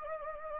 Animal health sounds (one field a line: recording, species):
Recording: mosquito wingbeat signal from an infrared sensor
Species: Anopheles gambiae